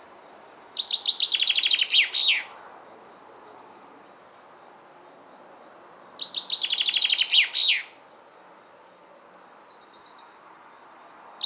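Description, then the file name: Common chaffinch singing a rattling series of notes that drops in pitch and closes with a quick flourish, twice about five seconds apart, a third starting at the end; constant high hum behind. "Fringilla coelebs"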